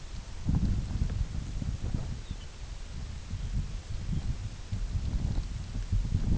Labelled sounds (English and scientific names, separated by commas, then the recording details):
unidentified sound, Pectoral Sandpiper (Calidris melanotos)
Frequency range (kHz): Pectoral Sandpiper (Calidris melanotos) 2.5-4.1 kHz
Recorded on Arctic tundra, site UTQI-8, on 16 June 2019
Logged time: 20:00